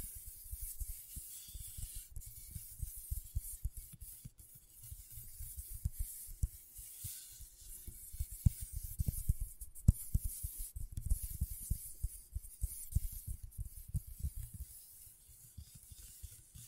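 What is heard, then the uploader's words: Scratching on a scratchboard, a dense run of short strokes with a bright, hissy edge and soft low thumps underneath. The scraping goes on without a break for the whole stretch, busier in some bursts, with a few sharper hits around the middle. ASMR Brain Tingling Scratchboard (No Talking).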